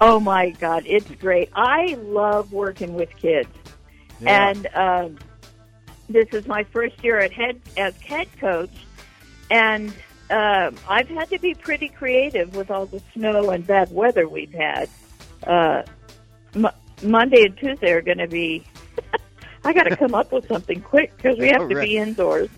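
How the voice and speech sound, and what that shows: Adult woman speaking in a radio interview, with stuttering, drawn-out sounds, repeated syllables, long pauses and word-finding difficulty following a traumatic brain injury from a car wreck about two and a half years earlier.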